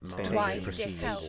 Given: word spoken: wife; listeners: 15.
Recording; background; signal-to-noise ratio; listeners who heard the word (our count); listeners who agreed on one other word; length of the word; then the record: one English word in noise, from a listening test; four-talker babble; -0.4 dB; 3 of 15; 9 of 15; 0.89 s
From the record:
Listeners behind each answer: 9, 3, 1, 1, 1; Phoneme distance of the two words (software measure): 17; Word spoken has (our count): 1 syllable, 3 phonemes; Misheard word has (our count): 1 syllable, 4 phonemes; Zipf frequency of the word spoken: 5.15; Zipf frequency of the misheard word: 4.77